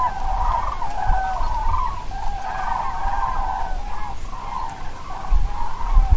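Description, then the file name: Cranes trumpeting continuously in a group, many overlapping rolling calls, with low rumbling background noise underneath. "GRULLAS"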